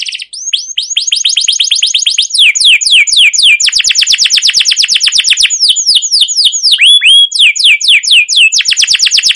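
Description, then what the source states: Canary song of rapid rolling trills broken by slower descending chirps and a couple of rising whistled notes, continuous and loud. Canary with a long rolling 'ngerol' gacor song and 'cuit cuit' notes, used as a lure and master song to train or provoke other canaries to sing.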